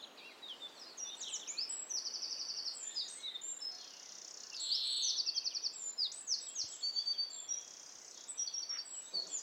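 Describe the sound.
Eurasian wren song: rapid, high-pitched trills and piercing notes strung together without pause, with quick rattles, over a constant background hiss.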